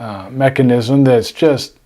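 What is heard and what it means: A Diplomat Excellence A2 fountain pen's cap, with its newer clicking cap mechanism, is handled over the pen body while someone talks. The cap has not yet seated or clicked shut by the end of the clip.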